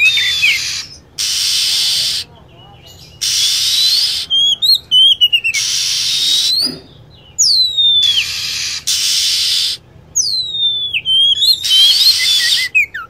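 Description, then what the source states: Lovebird calls: long grating screechy bursts broken by high, falling and rising whistled squeaks, repeated in a steady cycle with brief quiet pauses between. Lure recording for attracting birds.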